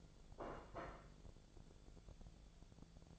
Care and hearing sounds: daily activity, microphone in the room; place plate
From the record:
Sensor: 5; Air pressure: 1000.3 hPa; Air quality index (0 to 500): 123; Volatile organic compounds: 2 ppm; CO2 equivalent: 977 ppm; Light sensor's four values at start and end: 107/253/108/117 and 107/253/108/117

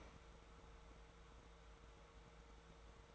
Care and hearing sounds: daily activity, microphone in the room; open fridge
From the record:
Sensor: 3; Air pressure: 1014.8 hPa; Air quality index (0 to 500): 195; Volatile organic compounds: 25 ppm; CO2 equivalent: 2849 ppm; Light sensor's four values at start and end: 17/43/18/18 and 17/43/18/19

